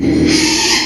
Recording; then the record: squeal of a Yucatan mini pig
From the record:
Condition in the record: after surgery on the right vocal fold (resection and tissue-engineered implant); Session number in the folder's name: 2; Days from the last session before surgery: 13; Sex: male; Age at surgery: 12 weeks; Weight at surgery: 13 kg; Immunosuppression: cyclosporine, prednisolone